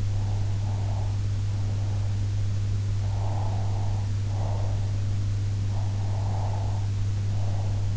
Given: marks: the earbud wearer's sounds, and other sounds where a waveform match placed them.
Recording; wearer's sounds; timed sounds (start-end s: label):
sounds in sleep by an in-ear microphone; breath
0.12-2.29 s: breath
3.00-5.18 s: breath
5.80-7.97 s: breath